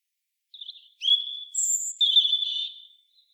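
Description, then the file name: European robin song: a soft high note, then a clear drawn-out whistle, a very high thin tone, and a final wavering trilled whistle in quiet surroundings. "Erithacus rubecula"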